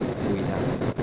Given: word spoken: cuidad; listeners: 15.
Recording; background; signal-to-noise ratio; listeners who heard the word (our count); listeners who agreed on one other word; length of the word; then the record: one Spanish word in noise, from a listening test; noise modulated by three-talker babble; -4.9 dB; 0 of 15; 8 of 15; 0.63 s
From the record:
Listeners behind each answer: 8, 2, 1, 1, 1, 1, 1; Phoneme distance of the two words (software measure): 17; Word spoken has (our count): 2 syllables, 6 phonemes, stress on syllable 2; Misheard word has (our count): 3 syllables, 7 phonemes, stress on syllable 2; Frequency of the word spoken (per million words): 0.30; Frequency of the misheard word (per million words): 66.13